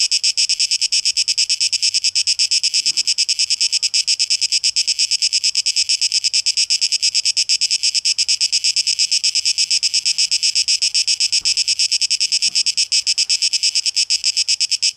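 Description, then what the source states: Cicada buzzing in fast, even pulses that form a continuous hissing drone, with occasional soft knocks in the background. Cicadas recorded on 12 August 2023; tape echo mix.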